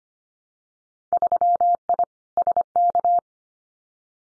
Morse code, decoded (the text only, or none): 3I SK